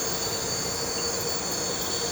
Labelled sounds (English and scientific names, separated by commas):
none